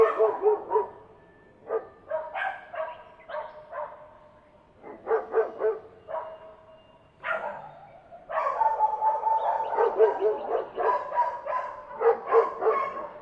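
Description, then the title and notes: Dog barks come in clusters separated by short gaps, then turn into a dense, continuous stretch of overlapping barking. May 2016. "Yesterday's Dogs. May 2016"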